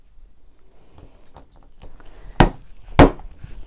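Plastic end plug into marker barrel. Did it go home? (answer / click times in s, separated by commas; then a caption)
partly / 2.4 s, 3.0 s. A plastic end plug is pressed back into a Crayola marker barrel after reviving the marker. Two loud, sharp clicks sound at 2.4 s and 3.0 s over faint handling noise. The plug clicks in but is not fully home, since one more click is still needed to seat it.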